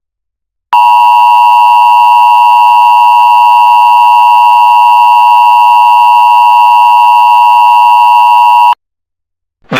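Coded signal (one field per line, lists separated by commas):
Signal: Emergency Alert System (SAME) tones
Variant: 853 and 960 Hz attention tone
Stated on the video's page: Simulated EAS scenario about a nuclear power plant incident.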